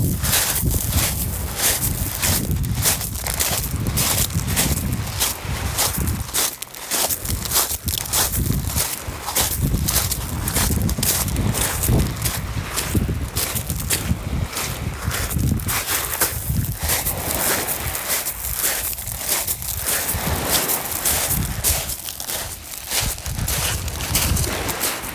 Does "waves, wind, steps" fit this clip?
yes